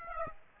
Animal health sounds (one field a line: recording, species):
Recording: mosquito wingbeat signal from an infrared sensor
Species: Aedes aegypti